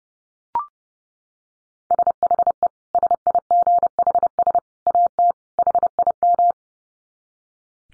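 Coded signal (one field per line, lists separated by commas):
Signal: Morse code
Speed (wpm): 30 wpm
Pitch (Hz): 700 Hz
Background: none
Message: SHE SIGHS AT HIM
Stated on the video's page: Morse code head-copy drill at 30 wpm of short phrases made almost entirely of dits (E, I, S, H, 5).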